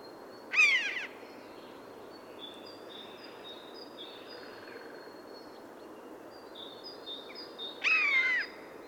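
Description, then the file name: Eurasian jay with two harsh, drawn-out rasping calls about seven seconds apart, while small birds sing high, thin whistles between them. "Garrulus glandarius"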